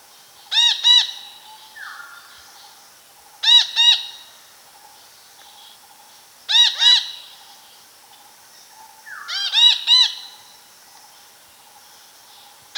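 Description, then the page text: Red-breasted parakeet calls: loud harsh squawks in double and triple bursts, repeated every few seconds, with a brief lower descending note in some gaps. "Red-Breasted Parakeet Calls. Quick Sounds"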